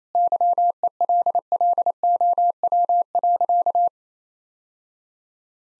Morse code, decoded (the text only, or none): YELLOW.